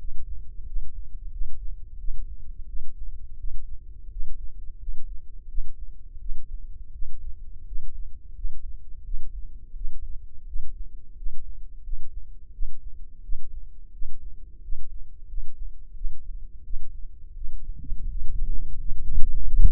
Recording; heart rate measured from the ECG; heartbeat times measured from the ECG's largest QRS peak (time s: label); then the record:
heart sounds by microphone in the left ear; 86 bpm
0.63 s: heartbeat
1.29 s: heartbeat
1.96 s: heartbeat
2.65 s: heartbeat
3.35 s: heartbeat
4.08 s: heartbeat
4.76 s: heartbeat
5.46 s: heartbeat
6.17 s: heartbeat
6.90 s: heartbeat
7.63 s: heartbeat
8.32 s: heartbeat
9.01 s: heartbeat
9.73 s: heartbeat
10.44 s: heartbeat
11.13 s: heartbeat
11.80 s: heartbeat
12.50 s: heartbeat
13.20 s: heartbeat
13.90 s: heartbeat
14.59 s: heartbeat
15.25 s: heartbeat
15.92 s: heartbeat
16.61 s: heartbeat
17.32 s: heartbeat
18.06 s: heartbeat
18.75 s: heartbeat
19.41 s: heartbeat
From the record:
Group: healthy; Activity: rest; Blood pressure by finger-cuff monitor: 116/81 mmHg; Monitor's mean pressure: 92 mmHg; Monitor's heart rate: 86 bpm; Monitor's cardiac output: 6.5 L/min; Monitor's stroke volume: 75 mL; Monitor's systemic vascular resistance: 1040 dyn s/cm5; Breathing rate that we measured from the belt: 16 breaths a minute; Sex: male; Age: 21 years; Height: 180 cm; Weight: 67.5 kg